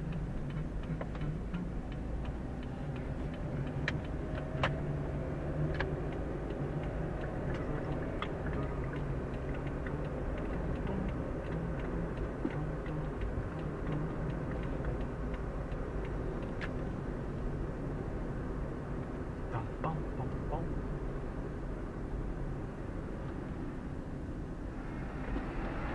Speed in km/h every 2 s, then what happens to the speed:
20, 23, 30, 36, 41, 45, 44, 43, 42, 39, 37, 33, 27.
0-10 speeds up to 45. 10-26 slows to 27.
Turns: none.